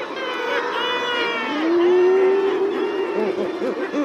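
Common murre calls, a long drawn-out growl that slowly rises and holds for over a second, followed by a burst of short arched notes.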